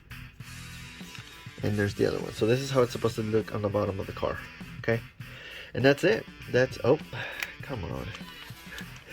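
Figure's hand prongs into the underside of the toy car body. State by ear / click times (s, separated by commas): not seated / none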